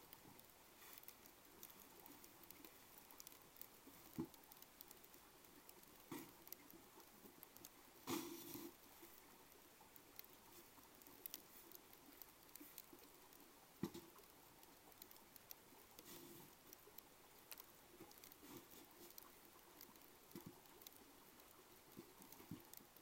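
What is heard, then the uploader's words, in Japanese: Water running along a channel gives a steady hiss, broken by soft ticks and pattering, with a sharper knock near eight and fourteen seconds. 夕方16時現在、30㎝ほどの積雪。水路の音、雪もしだいにまたよく降り出してくる。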